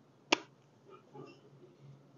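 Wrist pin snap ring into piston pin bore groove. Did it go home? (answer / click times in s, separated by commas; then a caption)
yes / 0.3 s. A second steel wrist pin snap ring is fitted with snap ring pliers into the groove on the other side of an aluminum piston pin bore. It seats with one sharp, bright click at 0.3 s, followed by a few faint small handling sounds, confirming the snap ring is seated in its groove.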